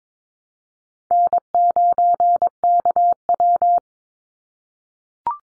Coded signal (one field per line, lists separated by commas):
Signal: Morse code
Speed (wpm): 22 wpm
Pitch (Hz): 700 Hz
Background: none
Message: N9KW